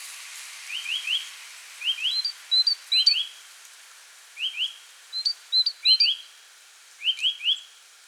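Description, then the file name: Eurasian nuthatch giving short bursts of two to three rising notes mixed with higher short notes, over a steady background hiss. "Sitta europaea"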